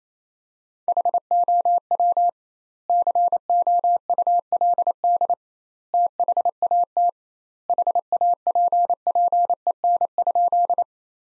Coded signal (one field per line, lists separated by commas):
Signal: Morse code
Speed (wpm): 28 wpm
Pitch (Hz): 700 Hz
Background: none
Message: HOW COULD THAT HAPPEN?